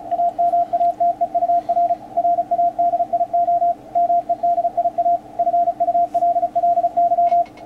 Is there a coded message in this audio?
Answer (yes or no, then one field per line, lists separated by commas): yes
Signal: Morse code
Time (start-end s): 0.1-7.4 s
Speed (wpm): 35 wpm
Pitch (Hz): 690 Hz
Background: radio noise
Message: AMATEUR RADIO MEDIA FULLY